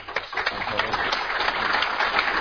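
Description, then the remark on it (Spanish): An audience filling a hall at the Casa de la Cultura Ecuatoriana applauds as the first credential is handed over, a steady wash of many overlapping claps that holds a fairly even loudness throughout, with a faint murmur of voices mixed in. “Entre los aplausos de los asistentes que han llenado la sala, Benjamín Carrión de la Casa de la Cultura.”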